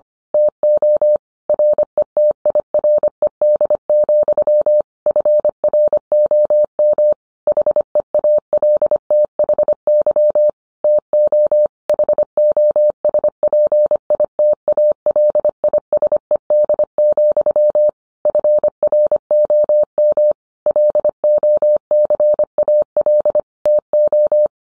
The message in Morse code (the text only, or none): TO RETIRED, FROM HEALTHY TO HOSPITALISED, FROM LOCAL TO